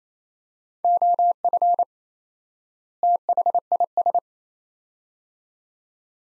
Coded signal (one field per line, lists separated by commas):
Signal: Morse code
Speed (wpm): 28 wpm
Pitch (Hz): 700 Hz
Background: none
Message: OF THIS